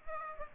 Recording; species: mosquito wingbeat signal from an infrared sensor; Aedes aegypti